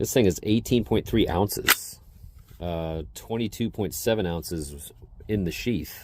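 A Tops Steel Eagle Delta Class fixed-blade knife, weighing 18.3 ounces bare and 22.7 ounces in its sheath, is handled next to its sheath while someone talks. Soft hissy bursts and quiet handling noises fall between the speech. The knife has not yet snapped into the sheath, and nothing has seated or clicked by the end of the clip.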